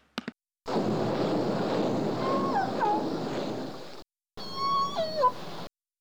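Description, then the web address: Orca calls: a wavering harmonic tone that dips and bends downward, repeated in two bursts over a low rushing water-like background. "Learning Orca Calls"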